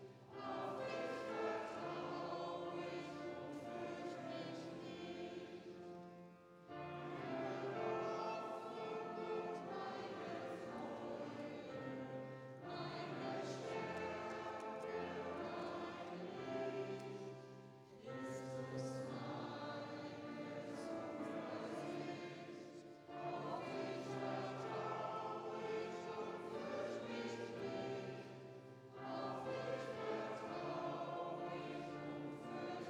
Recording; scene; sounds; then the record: everyday scene through a hearing-aid microphone; reverberant space; music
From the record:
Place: church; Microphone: in the ear canal, right